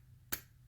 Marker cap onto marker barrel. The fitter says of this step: it does have a snap you hear that listen so